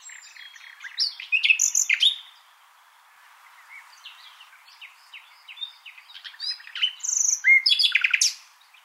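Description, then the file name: Common nightingale singing two loud, varied phrases of whistles, sharp chirps and fast repeated notes, with a quieter stretch of soft notes between them. "Luscinia megarhynchos"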